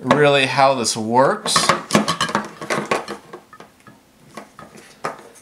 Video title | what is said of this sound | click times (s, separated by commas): Kuhn Rikon Auto Ergo Safety Lid Lifter Yellow Can Opener Review | so it kind of locks into place you get it situated and then | 5.0 s